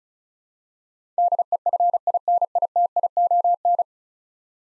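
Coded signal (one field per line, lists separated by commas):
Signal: Morse code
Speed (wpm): 36 wpm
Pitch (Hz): 700 Hz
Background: none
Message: DEFINITION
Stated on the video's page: Morse practice of 10-letter words at 35 wpm for head-copying, each word sent twice.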